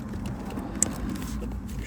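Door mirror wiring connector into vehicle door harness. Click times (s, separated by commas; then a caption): 0.8 s. The door mirror wiring harness connector on a 2014–2018 Chevrolet Silverado is pushed into its mating plastic connector in the vehicle door harness before the mirror is mounted. Over a steady low background rumble, a sharp, loud, short click sounds at 0.8 s as the connector seats.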